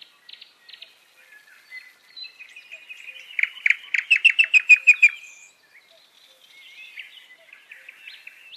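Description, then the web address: Nightingale song: soft scattered notes, then a loud run of about a dozen rapid, evenly repeated pulsed notes, followed by quieter twittering phrases. "Голоса птиц Соловей"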